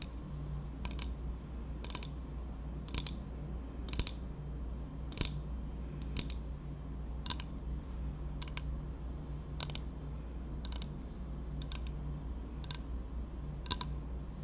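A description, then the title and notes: Tapping on dark objects, with sharp, crisp clicks arriving about once a second and spread fairly evenly across the fourteen seconds. Each tap is brief and bright. Beneath them runs a steady low hum that holds constant throughout. ASMR TAPPING on Dark things 黒いものにタッピング.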